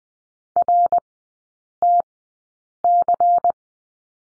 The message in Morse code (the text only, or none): RTC